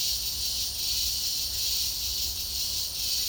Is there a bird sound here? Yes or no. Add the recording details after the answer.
no. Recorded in secondary vegetation near Puerto Asís, Putumayo, Colombia, on 19 February 2024 at 12:00. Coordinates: 0.489, -76.322. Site G6419